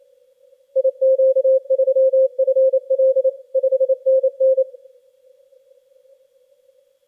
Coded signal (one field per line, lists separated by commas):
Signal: Morse code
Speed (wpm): 28 wpm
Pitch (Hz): 530 Hz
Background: none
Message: IQ3FL 5NN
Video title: CY0S Sable Island 2023 - 10 CW